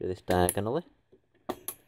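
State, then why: Seated. CPU cooler push pins are pressed down in diagonal order into the motherboard mounting holes to give even pressure on the CPU. Someone talks at first, then two sharp clicks are heard at 1.5 s and 1.7 s as the pins seat into the board.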